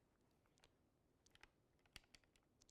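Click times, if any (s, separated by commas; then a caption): none. A temperature probe connector is pushed at the wrong port on a data logger, producing a few faint, short taps and scrapes against a quiet background. The connector does not fit and will not go in, so nothing has seated or clicked.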